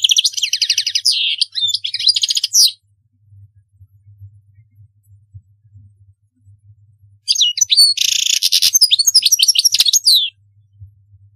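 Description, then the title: European goldfinch song in two bursts of liquid twitters and buzzy trills separated by a few seconds of near silence with faint low hum. "Chant Chardonneret"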